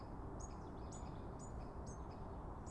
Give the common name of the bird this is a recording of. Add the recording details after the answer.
Great Spotted Woodpecker. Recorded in Germany. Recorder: ecoPi